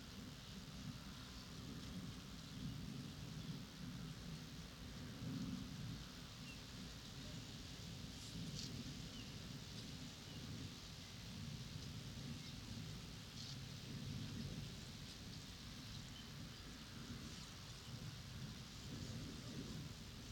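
An evening in a clay pit, recorded binaurally with a dummy head. A steady, dense low rumble runs throughout under a constant rain-like hiss, with a few faint, brief high ticks near eight and thirteen seconds. Loudness stays even from start to finish.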